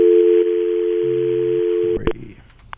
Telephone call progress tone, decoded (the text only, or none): dial tone